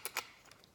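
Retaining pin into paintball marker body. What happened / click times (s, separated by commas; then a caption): The pin slid forward and clicked into place / 0.0 s, 0.2 s. During reassembly of a DLX Luxe X paintball marker, the retaining pin is lined up and slid forward into the marker body. Two sharp, bright clicks ring out at about 0.1 s and 0.2 s as the pin clicks home, followed by a couple of much fainter ticks. The pin is seated.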